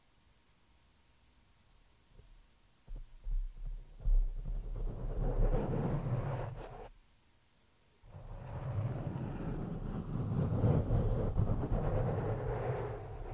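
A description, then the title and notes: Scratching and rubbing on a microphone, coming as rough, rumbling bursts. A few short knocks around two to four seconds lead into a long scraping stretch, a silent gap near seven to eight seconds, then steady scratching to the end. No voice is heard. ASMR PURE SCRATCHING ON THE MICROPHONE NO TALKING.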